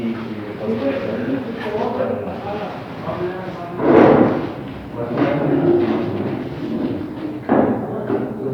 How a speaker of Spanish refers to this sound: Jefe, toca la puerta. ¿Le abro?